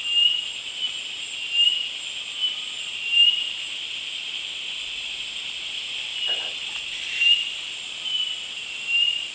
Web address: S America Eastern Lowlands 441-01 Laniocera hypopyrra, song